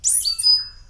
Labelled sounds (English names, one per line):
Stitchbird song